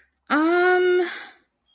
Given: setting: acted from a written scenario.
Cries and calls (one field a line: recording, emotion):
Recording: vocal sound without words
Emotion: confusion